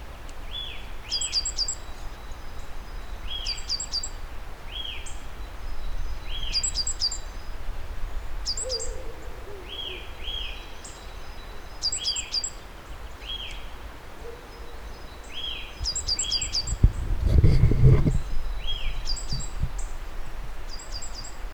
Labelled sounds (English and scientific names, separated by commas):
Great Tit (Parus major)